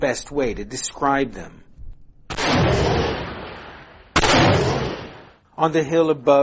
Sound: gunfire

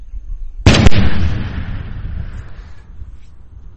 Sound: explosion

